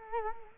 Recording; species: mosquito wingbeat signal from an infrared sensor; Culex quinquefasciatus